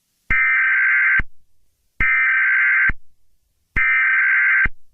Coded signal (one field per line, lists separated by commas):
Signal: Emergency Alert System (SAME) tones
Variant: header bursts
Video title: EAS Scenario 17: Purple Minions Attack